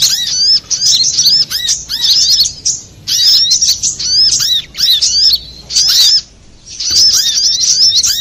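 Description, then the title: Little spiderhunter song: dense bursts of high, sharp chattering notes with arched slurs, delivered in rapid runs separated by short pauses. Masteran song of Sogok Ontong (little spiderhunter), labelled Labaik, for training cage birds. "Masteran Burung Sogok Ontong Labaik"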